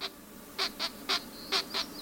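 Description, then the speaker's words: Pileated Woodpecker young giving six short, high, harsh begging notes in two seconds. Young begging from within the nest cavity in a tree trunk, in spring. "When you're lucky, you can hear young woodpeckers, like these pileated woodpeckers, begging from within the trunk."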